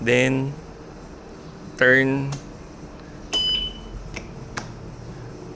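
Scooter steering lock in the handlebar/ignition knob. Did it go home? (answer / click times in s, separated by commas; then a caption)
yes / 4.2 s, 4.6 s. Someone talks while the keyless ignition knob on a SYM Cruisym GT 150 scooter is pushed and turned counterclockwise with the handlebar turned fully left. Two sharp clicks sound at 4.2 s and 4.6 s as the steering lock engages, and the handlebar is now locked.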